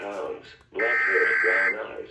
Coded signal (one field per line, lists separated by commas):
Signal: Emergency Alert System (SAME) tones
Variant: header bursts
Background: speech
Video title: A RETURN TO THE CRAZY… | EAS Alerts from 4/13 - 4/16/23 (EAS #857 - 867)